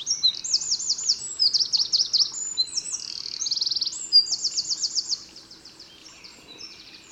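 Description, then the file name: Eurasian wren song, a loud high-pitched outpouring of rapid trills and sharp twittering notes lasting about five seconds, then quieter faint background. "Troglodytes troglodytes"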